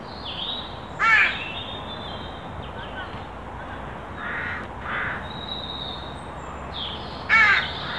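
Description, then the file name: Carrion crow cawing, two loud harsh hoarse caws about six seconds apart, with faint softer calls and a steady background hiss between them. "Corvus corone"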